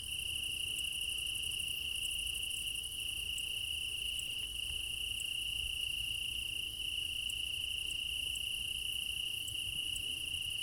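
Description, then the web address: Crickets singing a constant high trill, with small regular pulses in a higher layer. Meadow at night in Crimea in summer; crickets; quad ambience recorded with ORTF microphone pair, front pair offset by 3 m. "Alexander Kopeikin - Quad ambience of Crimea in summer 20 meadow night ambience, crickets, ortf offset by 3 m, front"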